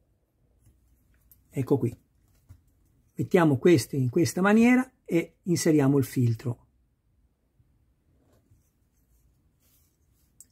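A small plastic fuel filter is pushed toward the fuel tank assembly of a 1:8 Centauria-edition Lancia Stratos HF No. 36 model in Alitalia livery, but it will not fit, so the screw is backed out a little to make room. Someone talks between about 1.5 and 6.6 s, with faint short ticks near 1.3 s and 10.4 s. The filter has not seated or clicked into place yet.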